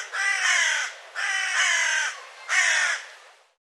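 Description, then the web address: Bird producing three long, hoarse, buzzy caws, each about a second apart. "cianscape birddata Deverinetal 2025 File cleaned normalized Bird"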